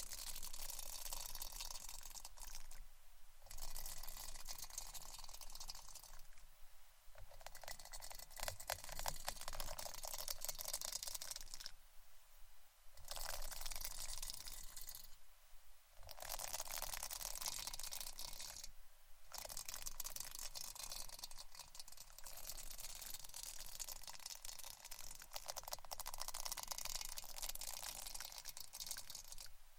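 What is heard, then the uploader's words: Scratching and brushing runs in dense, bright bursts of rasping strokes. Brief pauses break it up around 3, 7, 12, 15 and 19 seconds, and the steady scraping resumes after each. Little sits in the low end, so the sound stays thin and hissy. ASMR Scratching & Brushing Blue Yeti Mic （No Talking）.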